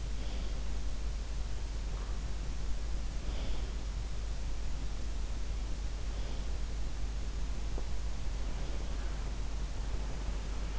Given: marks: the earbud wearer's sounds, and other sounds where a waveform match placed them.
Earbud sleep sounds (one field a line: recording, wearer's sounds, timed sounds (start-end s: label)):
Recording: sounds in sleep by an in-ear microphone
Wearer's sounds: breath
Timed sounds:
0.00-0.64 s: breath
3.29-4.07 s: breath
6.01-6.53 s: breath
8.53-9.24 s: breath
9.76-10.79 s: breath